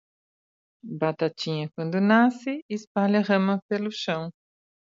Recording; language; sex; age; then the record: short text; Brazilian Portuguese; female; 50 to 59 years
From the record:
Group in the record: control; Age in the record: 54 years